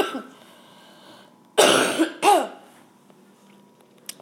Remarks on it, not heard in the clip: I do not have pneumonia. I just have a monster case of bronchitis. The x-ray shows no sign of pneumonia. And the doctor thinks the bronchitis probably isn't bad enough that I would need antibiotics. So he said the inhaler should do the trick. I'm still very croaky.